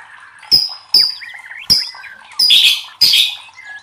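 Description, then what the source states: White-rumped shama giving sharp, explosive notes at short intervals, with softer chattering between them and two harsh, buzzy bursts near the end. Masteran training recording for cage birds; murai batu labaik.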